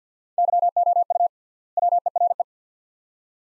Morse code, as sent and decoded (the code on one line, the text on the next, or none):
-.-- --- ..- / .-- . .-. .
YOU WERE